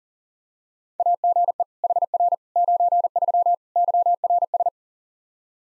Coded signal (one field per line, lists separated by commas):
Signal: Morse code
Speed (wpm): 40 wpm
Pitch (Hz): 700 Hz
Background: none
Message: AGE HR 93 YRS